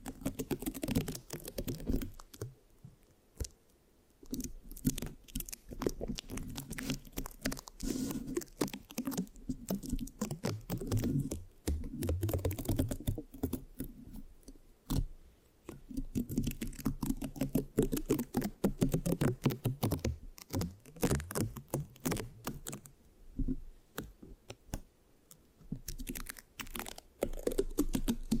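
Scratching and sticky tapping on a microphone, with no talking, in dense bursts of quick clicks and crackles over a low rumbling rub. The sound pauses briefly around 3, 15 and 21 seconds, then resumes at a similar busy, irregular pace.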